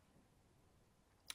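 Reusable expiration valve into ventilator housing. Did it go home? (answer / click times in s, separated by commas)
yes / 1.3 s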